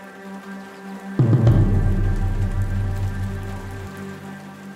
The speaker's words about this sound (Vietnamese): Trời bắt đầu đổ mưa tí tách.